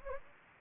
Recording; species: mosquito wingbeat signal from an infrared sensor; Anopheles gambiae